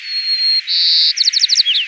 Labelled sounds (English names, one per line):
White-crowned Sparrow song